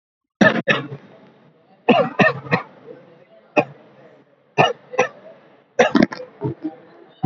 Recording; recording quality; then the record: shallow voluntary cough; moderate, slight background noise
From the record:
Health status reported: COVID-19 positive, mild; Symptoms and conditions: sore throat, fever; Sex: male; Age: 25 years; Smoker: not ticked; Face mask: worn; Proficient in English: yes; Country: India